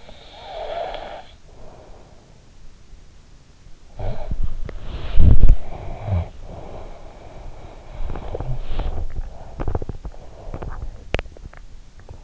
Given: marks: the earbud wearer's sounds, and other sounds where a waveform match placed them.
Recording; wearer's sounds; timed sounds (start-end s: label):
sounds in sleep by an in-ear microphone; snoring breath, body movement, teeth grinding
0.05-2.23 s: snoring breath
4.00-6.52 s: snoring breath
4.39-9.29 s: body movement
9.13-12.23 s: teeth grinding